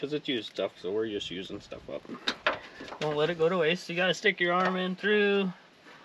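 Someone talks while reaching in through the auger opening of a combine header auger to fit a used filler piece that the auger finger passes through. Nothing has seated or clicked yet; the filler is still being handled and has not gone home.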